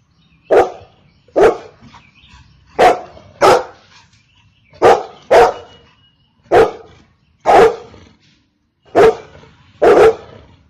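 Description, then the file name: Golden retriever giving repeated loud barks, about ten in all, spaced roughly a second apart, with little else heard. "Golden retriever Dog"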